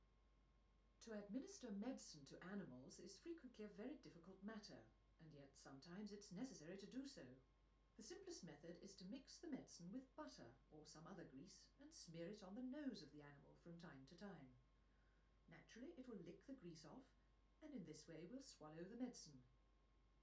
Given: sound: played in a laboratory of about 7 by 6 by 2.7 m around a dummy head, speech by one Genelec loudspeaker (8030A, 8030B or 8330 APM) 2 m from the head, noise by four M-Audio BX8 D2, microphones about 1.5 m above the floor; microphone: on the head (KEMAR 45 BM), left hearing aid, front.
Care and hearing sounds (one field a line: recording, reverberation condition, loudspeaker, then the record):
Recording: female speech in English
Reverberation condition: low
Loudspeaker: 150 degrees to the right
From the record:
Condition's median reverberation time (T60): about 310 ms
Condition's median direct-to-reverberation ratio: about 3.5 dB